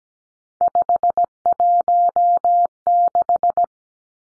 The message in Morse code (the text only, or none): 516